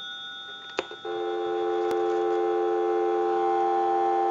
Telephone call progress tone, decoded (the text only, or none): dial tone